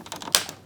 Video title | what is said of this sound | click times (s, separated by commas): ✨KEURIG SCREEN Is BLANK - Easy DIY Repair✨ | There we go. And that'll click it all back together. | 0.3 s